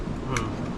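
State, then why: Seated. A portable gas cartridge is pushed onto a camping stove burner, and a single sharp tick sounds at 0.4 s as the cylinder locks into place. Low background rumble continues throughout the clip.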